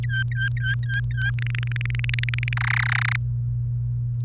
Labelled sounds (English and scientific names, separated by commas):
Domestic Canary (Serinus canaria) song